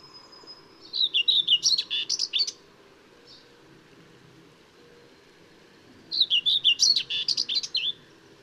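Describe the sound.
Common whitethroat singing two short, chattering, scratchy warbles about five seconds apart, the quiet gap broken only by a faint thin note.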